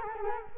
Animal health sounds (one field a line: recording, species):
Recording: mosquito wingbeat signal from an infrared sensor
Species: Culex quinquefasciatus